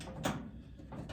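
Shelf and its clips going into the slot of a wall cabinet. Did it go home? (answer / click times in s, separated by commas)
yes / 0.0 s, 0.3 s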